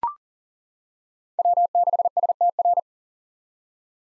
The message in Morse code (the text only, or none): W6STR